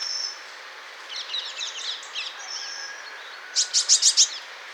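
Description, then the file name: Eurasian blue tit giving a quick high trill of five bright notes near the end, after thin high whistles and scattered chips. "Cyanistes caeruleus"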